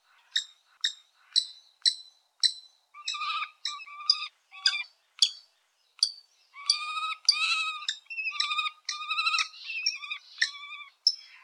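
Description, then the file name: Common kestrel calls: a run of sharp, short repeated notes, followed by wavering, trilled whining calls repeated in bursts. "chougenbou"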